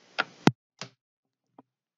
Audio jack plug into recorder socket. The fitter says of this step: i am plugging in the headset you may hear a click right about now